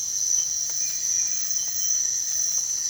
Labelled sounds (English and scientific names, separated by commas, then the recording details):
none
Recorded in dense forest near Puerto Asís, Putumayo, Colombia, on 27 June 2025 at 04:30
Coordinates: 0.468, -76.322
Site GP03